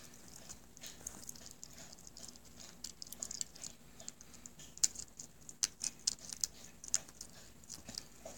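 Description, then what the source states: Hedgehog eating: sharp, irregular crunching clicks and smacks, with louder crunches in the second half. Hedgehog named Rainee, eating dinner.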